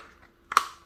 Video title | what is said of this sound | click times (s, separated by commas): Construction Playsets | oh there we go it nicely snapped into place I'm sure you guys even heard it okay | 0.6 s